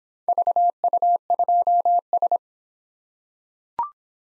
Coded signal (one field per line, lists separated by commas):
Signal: Morse code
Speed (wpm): 24 wpm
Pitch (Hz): 700 Hz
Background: none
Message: VU2S